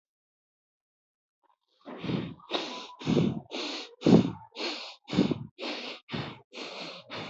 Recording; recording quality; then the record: shallow breathing; excellent, no background noise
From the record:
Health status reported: respiratory illness, not identified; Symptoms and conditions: asthma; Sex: male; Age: 21 years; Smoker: not ticked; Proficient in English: yes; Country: India